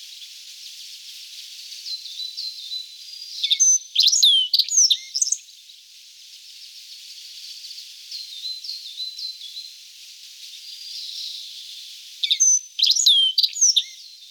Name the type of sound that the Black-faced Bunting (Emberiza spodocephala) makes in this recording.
song